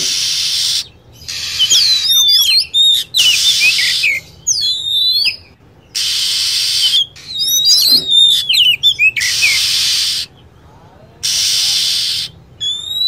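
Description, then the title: Lovebird calls: busy twittering whistles that loop up and down, mixed with harsh hissing screeches repeated throughout. Lure sound for attracting lovebirds. "PIKAT BURUNG LOVEBIRD"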